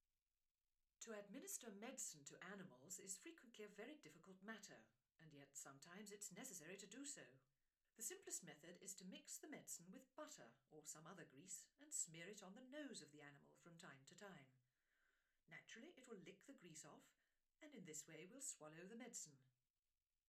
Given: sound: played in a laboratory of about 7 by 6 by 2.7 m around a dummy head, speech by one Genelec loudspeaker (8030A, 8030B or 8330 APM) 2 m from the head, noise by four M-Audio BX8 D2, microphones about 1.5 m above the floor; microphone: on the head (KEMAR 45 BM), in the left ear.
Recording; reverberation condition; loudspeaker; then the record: female speech in English; low; 120 degrees to the left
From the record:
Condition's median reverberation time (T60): about 310 ms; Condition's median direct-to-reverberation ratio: about 3.5 dB